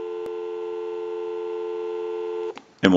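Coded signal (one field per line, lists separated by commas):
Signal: telephone call progress tone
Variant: North America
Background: speech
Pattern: dial tone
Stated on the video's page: Heard on a Western Electric 202 rotary dial telephone with bell box during initial checkout after repair and conversion.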